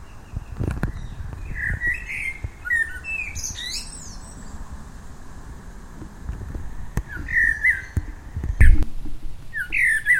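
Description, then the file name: Common blackbird singing low, fluty warbles capped by thin high twittering flourishes, in several separated phrases, with a low rumble and a few knocks. "Turdus merula"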